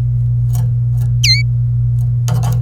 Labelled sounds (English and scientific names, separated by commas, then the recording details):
Domestic Canary (Serinus canaria) song
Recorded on 27 April 2018 at 09:17
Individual llb3